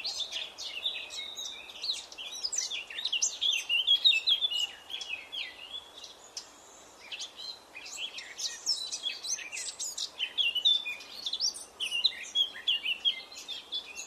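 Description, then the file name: Eurasian blackcap song in two bouts: dense, scratchy-sweet warbling with bright whistled notes, separated by a brief pause, over steady background hiss. "Sylvia atricapilla"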